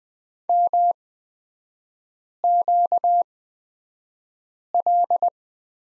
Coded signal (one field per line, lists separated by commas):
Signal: Morse code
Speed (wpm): 20 wpm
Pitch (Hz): 700 Hz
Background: none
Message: MQL